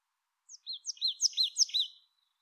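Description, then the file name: Marsh tit: one thin high note, then a fast run of several arched, chirping notes. "Poecile palustris"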